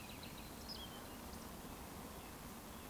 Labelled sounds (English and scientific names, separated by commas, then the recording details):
Eurasian Woodcock (Scolopax rusticola) whistle
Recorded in Baden-Württemberg, Germany, on 23 June 2020 at 19:55 UTC
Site 14569, 102 m above sea level